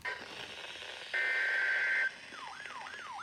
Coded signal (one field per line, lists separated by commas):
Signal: Emergency Alert System (SAME) tones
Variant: header bursts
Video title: FIRST UNINTENTIONAL DXING ALERT (no clickbait) 10/2/18 Alert Compilation (EAS 1086-1119)